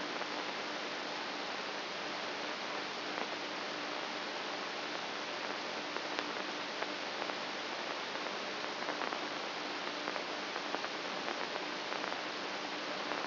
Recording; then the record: brain microelectrode recording played as sound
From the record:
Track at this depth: outside the subthalamic nucleus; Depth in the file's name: 1.738 mm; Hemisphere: left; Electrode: 2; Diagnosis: Parkinson's disease